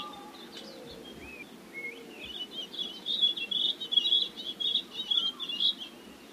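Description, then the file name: Blue-and-white flycatcher song: a few soft slurred notes, then a quick, high-pitched twittering run of chips and trills. "sikatan bakung"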